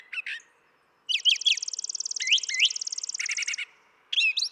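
Brown thrasher song with brief chirped phrases, a long fast buzzy trill mixed with slurred notes, then a few sharp notes and a final short phrase.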